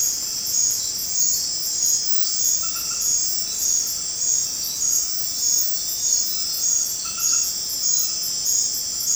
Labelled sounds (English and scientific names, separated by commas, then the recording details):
none
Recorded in dense forest near Puerto Asís, Putumayo, Colombia, on 19 March 2025 at 21:30
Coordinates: 0.500, -76.322
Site GP06